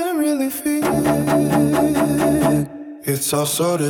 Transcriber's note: voice note sample, pitched down